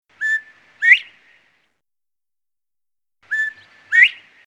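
Quail calling: a two-part call, a flat whistled note followed by a sharper rising note, given twice about three seconds apart with silence between.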